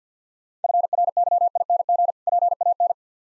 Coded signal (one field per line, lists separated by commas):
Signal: Morse code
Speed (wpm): 55 wpm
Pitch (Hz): 700 Hz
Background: none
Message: FRYING PAN